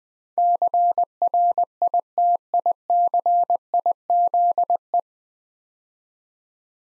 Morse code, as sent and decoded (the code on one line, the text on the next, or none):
-.-. .-. .. - .. -.-. .. --.. .
CRITICIZE